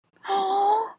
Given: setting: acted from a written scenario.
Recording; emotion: vocal sound without words; fear